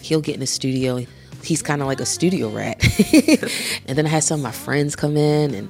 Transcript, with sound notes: He'll get in the studio. He's kind of like a studio rat. (laughter) And then I had some of my friends come in and...